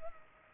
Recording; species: mosquito wingbeat signal from an infrared sensor; Culex pipiens